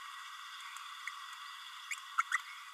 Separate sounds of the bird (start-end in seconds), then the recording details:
1.91-1.95, 2.31-2.37. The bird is a female. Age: 30 days. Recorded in a nest box in Venezuela. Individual 17B32A7